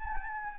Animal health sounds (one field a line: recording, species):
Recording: mosquito wingbeat signal from an infrared sensor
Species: Anopheles gambiae